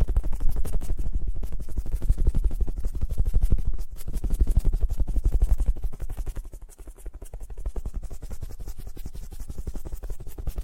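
Fast, gentle tapping runs in a dense, even stream of quick soft strikes, mostly low and dull with a light crisp edge. It stays steady for the first six seconds, briefly thins near four seconds, then turns quieter and sparser after about six seconds.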